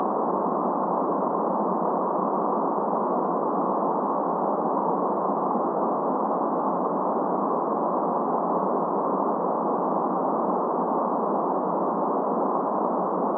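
Green noise plays as a steady, unbroken rush held in the middle range, with the deep lows and bright highs cut away so it sounds soft and rounded. Level and texture stay constant throughout, with no events or other sounds.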